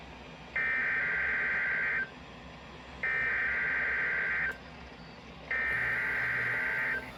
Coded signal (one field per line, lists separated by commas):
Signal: Emergency Alert System (SAME) tones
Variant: header bursts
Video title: (EAS #104) KMKX Required Weekly Test with EASyCAST Relay